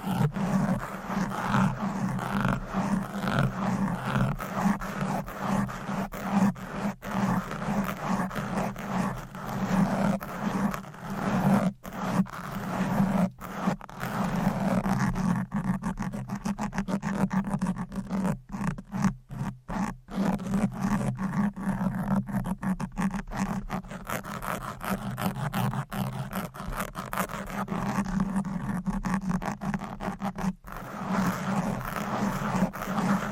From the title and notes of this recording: ASMR Fast and Aggressive Mic Scratching. No Talking.